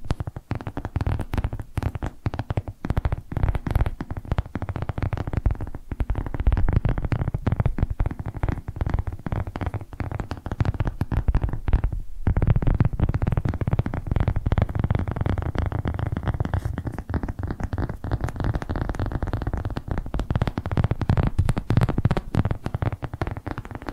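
ASMR tapping, a dense, fast run of soft taps that continues almost without pause for the whole stretch, heaviest in the low, thumpy range. Around the midpoint the tapping stops for a short beat before resuming at the same busy pace.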